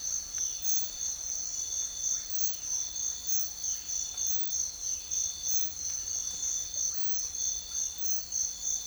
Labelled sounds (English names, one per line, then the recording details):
none
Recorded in secondary vegetation near Puerto Asís, Putumayo, Colombia, on 4 March 2025 at 06:00
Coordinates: 0.500, -76.326
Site GP04